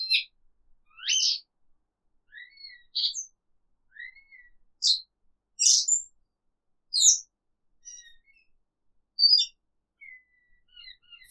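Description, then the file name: Cage bird uttering varied high chirps, some rising and some falling, in an irregular string of notes with short gaps, nothing else heard. Isolated. "Exotic Cage Bird Isolated"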